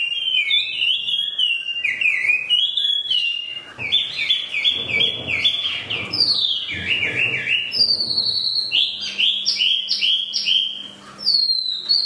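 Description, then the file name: Chinese hwamei song: sustained loud whistled melody with repeated slurred phrases, trills and rising notes, pausing briefly near the end; faint low hum. Used for training cage birds (omkicau). "audio-hwamei-mini-2-omkicau"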